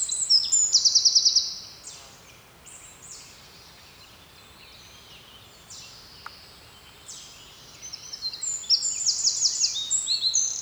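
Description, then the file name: Eurasian wren singing very high, rapid trills and buzzy runs in two bursts, opening and closing the stretch, with a quiet pause between them. "Troglodytes troglodytes"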